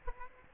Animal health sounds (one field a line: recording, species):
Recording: mosquito wingbeat signal from an infrared sensor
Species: Aedes aegypti